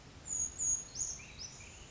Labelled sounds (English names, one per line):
Brown Creeper